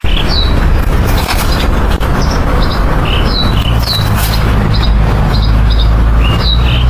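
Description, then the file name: Nightingale song of quick, slurred high notes and short trills over loud traffic noise. Sung by a bridge. "Solovej u mosta cherez Mereckova"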